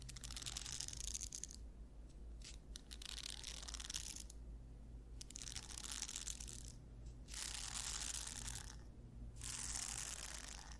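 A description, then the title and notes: A scalp massage with bursts of bright, crackly rustling as fingers work through hair, coming in waves of a second or two with brief quieter pauses between them. A steady low hum runs underneath throughout. ASMR Scalp Massage of Your Dreams.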